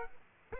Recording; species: mosquito wingbeat signal from an infrared sensor; Aedes aegypti